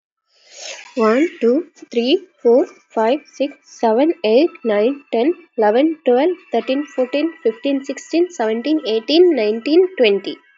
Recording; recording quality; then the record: counting at a normal pace; excellent, no background noise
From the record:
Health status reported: exposed to COVID-19, no respiratory illness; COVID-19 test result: negative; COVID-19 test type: RT-PCR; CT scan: not taken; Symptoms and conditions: cough, cold, sore throat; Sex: female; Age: 32 years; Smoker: no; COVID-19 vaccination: both doses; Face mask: worn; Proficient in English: yes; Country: India